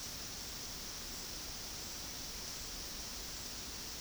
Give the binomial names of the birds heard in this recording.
none